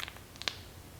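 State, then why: Seated. A coffee capsule placed upside down in the plastic capsule adapter of an Outin Nano portable espresso machine is pushed down. A few light ticks and scrapes lead to a sharp click at 0.5 s as the capsule seats firmly in place.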